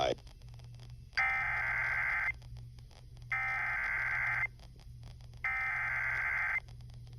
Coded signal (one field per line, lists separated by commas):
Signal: Emergency Alert System (SAME) tones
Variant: header bursts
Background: speech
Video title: SVR on 104.1 WIKY-FM (EAS #106)